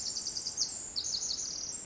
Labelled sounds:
Pacific Wren
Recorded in Sonoma County, California

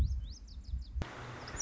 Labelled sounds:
Lazuli Bunting
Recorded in Sonoma County, California

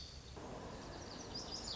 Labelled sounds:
Lazuli Bunting
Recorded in Sonoma County, California

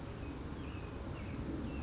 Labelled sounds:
California Towhee
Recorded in Sonoma County, California

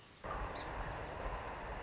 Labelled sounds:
Song Sparrow
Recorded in Sonoma County, California

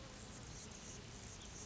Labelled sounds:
Anna's Hummingbird
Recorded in Sonoma County, California

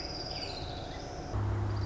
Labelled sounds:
Orange-crowned Warbler
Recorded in Sonoma County, California

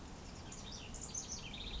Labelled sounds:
House Wren
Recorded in Sonoma County, California

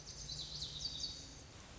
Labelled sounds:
Lazuli Bunting
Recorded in Sonoma County, California

